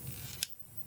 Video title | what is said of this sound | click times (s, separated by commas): raider pms part 2/FI & Throttle body Cleaning/ Disk Brake/ Fuel Filter replacement | so pag narinig niy nag-lock na siya So ibig sabihin Okay na yan | 0.4 s